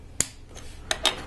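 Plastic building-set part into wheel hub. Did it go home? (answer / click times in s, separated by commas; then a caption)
yes / 0.2 s. A small plastic LEGO Technic piece from the CLAAS Xerion 5000 Trac VC set #42054 is pushed into the big hole of the wheel hub. It seats with a loud, sharp snap at 0.2 s that cannot be undone. Two more short clicks follow at about 0.9 s and 1.1 s.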